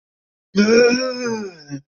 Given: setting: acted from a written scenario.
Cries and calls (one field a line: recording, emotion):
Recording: vocal sound without words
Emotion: disgust